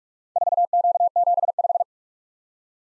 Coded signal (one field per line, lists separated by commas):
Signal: Morse code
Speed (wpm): 46 wpm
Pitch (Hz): 700 Hz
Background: none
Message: 4Q75